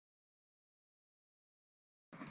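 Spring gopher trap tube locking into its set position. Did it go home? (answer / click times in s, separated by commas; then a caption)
no / none. A Gopher Hawk spring gopher trap is handled while being set, the cap braced with a flat hand and the black tube pulled up toward its locked position. The clip is silent until about 2.1 s, then a dense burst of broadband handling noise runs to the end. Nothing has seated or clicked yet.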